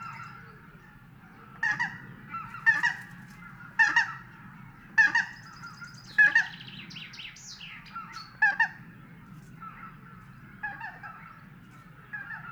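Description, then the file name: Greater white-fronted goose calls: separate honking yelps in short bursts every second or so, some higher squeaky notes among them, over a low steady rumble. "tundrahanhi"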